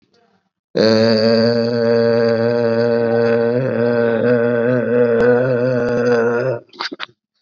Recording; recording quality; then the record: sustained vowel as in made; excellent, no background noise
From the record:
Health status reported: COVID-19 positive, mild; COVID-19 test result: positive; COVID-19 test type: RT-PCR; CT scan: not taken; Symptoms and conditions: cough, sore throat, fever, fatigue, muscle pain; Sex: male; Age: 55 years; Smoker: no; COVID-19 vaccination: both doses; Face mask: not worn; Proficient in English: yes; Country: India